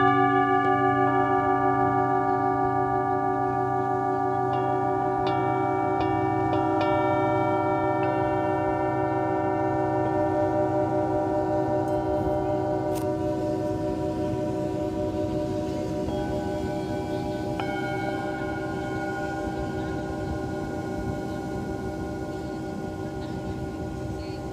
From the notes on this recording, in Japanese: ビーチでのサウンドヒーリングのライブ